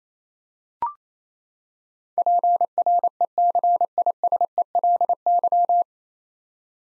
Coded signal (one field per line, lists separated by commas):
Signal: Morse code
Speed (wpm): 27 wpm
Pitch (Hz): 700 Hz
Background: none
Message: PRECISELY